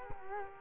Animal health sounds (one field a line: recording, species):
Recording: mosquito wingbeat signal from an infrared sensor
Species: Culex quinquefasciatus